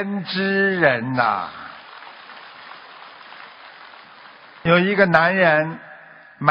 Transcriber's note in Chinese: 掌声